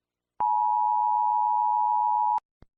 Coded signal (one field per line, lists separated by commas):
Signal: Emergency Alert System (SAME) tones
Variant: 853 and 960 Hz attention tone